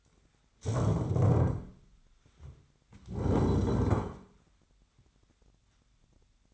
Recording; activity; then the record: daily activity, microphone in the room; stand up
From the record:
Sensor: 3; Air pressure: 1007.8 hPa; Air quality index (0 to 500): 192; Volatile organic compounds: 14 ppm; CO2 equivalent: 2462 ppm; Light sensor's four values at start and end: 12/28/12/12 and 12/28/12/12